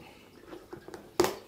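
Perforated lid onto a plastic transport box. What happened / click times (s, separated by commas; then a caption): The plastic lid clips snapped shut / 0.9 s, 1.2 s. A perforated lid is pressed down onto a plastic spider transport box until its clips snap shut. After a few soft handling rustles, a small click comes at 0.9 s and a much louder, sharp plastic snap at 1.2 s. The lid is seated and closed.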